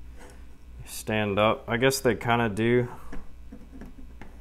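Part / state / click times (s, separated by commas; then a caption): tripod leg in its hinge on the light stand / not seated / none. Someone talks while spreading the legs of a small tripod light stand for a Neewer 5600K LED light, trying to make each leg lock open in its hinge. Only faint light ticks are heard near the end, around 3.8 s and 4.2 s, and nothing has locked or clicked yet: the legs don't lock into place and the stand is not very stable.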